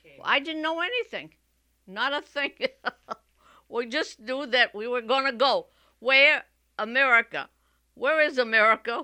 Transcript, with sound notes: I didn't know anything, not a thing. ( she laughs ) We just knew that we were going to go. "Where?" "America." "Where is America?"